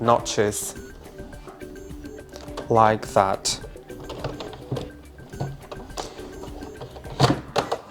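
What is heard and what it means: The back mount of a Philips 276B9 monitor is slid onto the two notches at the top of the stand's neck bracket while someone talks over background music, with brief handling knocks and taps. The bottom of the mount has not clicked or latched yet, and nothing has seated.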